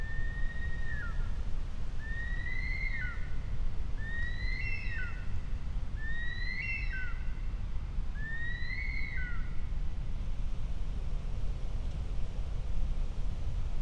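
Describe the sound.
Bush stone-curlew wailing whistles, each rising then dropping sharply, repeated about every two seconds in a series of five over a steady low rumble.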